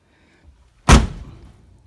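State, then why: Not seated. A car door on a Duster, just fitted with a new door handle, is slammed shut and lands with a heavy thud at about 0.9 s that rings out and fades. The door latch does not catch on the door striker, so nothing has latched.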